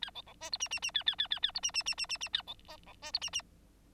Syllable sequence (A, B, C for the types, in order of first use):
A B B C D E E E A A A A A D E E E E E E A B F B C D E E